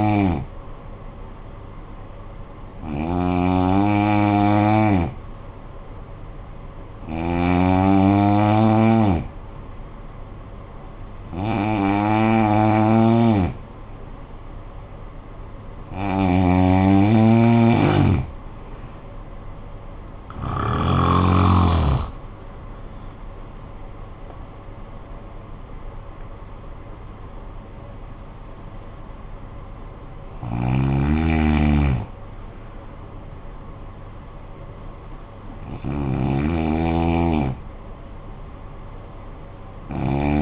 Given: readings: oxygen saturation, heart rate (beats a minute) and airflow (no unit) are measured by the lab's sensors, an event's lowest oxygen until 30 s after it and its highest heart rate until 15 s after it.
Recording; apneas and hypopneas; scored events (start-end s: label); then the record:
breathing in sleep by a smartphone at the bedside; 1
5.00-21.50 s: hypopnea (N2, oxygen 92% highest, then 90% lowest, heart rate 55 at the start, 73 highest)
26.00-40.42 s: new sleep stage, N1 (lightest sleep)
From the record:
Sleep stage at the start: N2 (light sleep); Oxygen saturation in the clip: 89 to 92%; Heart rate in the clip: 53 to 73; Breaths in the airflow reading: 10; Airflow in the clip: -11.7 to 11.5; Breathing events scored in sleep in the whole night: 445 in 7.6 hours asleep